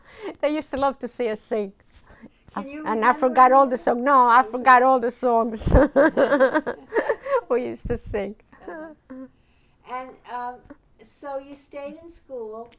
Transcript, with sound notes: They used to love to see us sing.
Can you remember any of them?
No, I forgot all the songs. ( she laughs ) We used to sing.
And, uh, so you stayed in school.